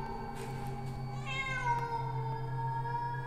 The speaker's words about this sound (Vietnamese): Lại là nó, lại là tiếng của con mèo kêu lên.